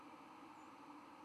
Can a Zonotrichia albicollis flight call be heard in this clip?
no